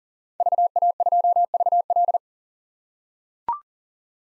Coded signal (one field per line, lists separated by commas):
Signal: Morse code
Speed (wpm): 40 wpm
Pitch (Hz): 700 Hz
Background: none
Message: VA2VL